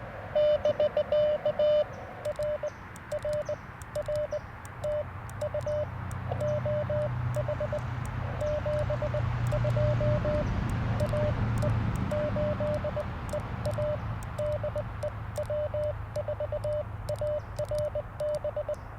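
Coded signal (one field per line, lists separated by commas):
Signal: Morse code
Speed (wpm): 20 wpm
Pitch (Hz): 590 Hz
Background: radio noise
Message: <BK> RRR TU OH 72 AE 8 EA DE W4ARB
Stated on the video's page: QRP CW Parks on the Air activation with FX-4CR radio, Alex Loop Ham Pack antenna and Modern Morse Nameless key.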